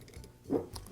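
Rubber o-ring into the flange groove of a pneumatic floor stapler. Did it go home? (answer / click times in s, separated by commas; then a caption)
yes / 0.8 s. A new rubber o-ring is worked down by hand into the groove of a metal flange on a Bostitch pneumatic floor stapler during a rebuild with kit RBK9. A low handling rumble swells around 0.5 s, then a sharp snap sounds at 0.8 s and a fainter tick follows at 0.9 s. The o-ring is seated in the flange groove.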